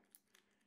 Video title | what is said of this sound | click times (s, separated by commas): Smartwatch Comparison: Samsung Gear 2 vs Gear 2 Neo! First Look Showdown! | it doesn't ever snap on it never completely clicks into place | none